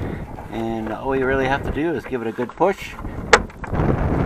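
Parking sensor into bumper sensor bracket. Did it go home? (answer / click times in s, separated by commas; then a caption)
yes / 3.3 s. Someone talks while a replacement park assist sensor for a Dodge Ram with a park assist system failure is given a good firm push into its sensor bracket in the bumper. A sharp snap at 3.3 s marks the sensor seating, followed by a few faint ticks as it locks in place.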